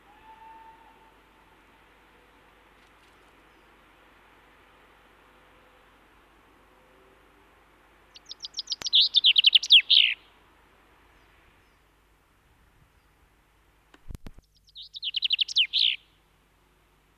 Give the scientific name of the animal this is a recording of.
Fringilla coelebs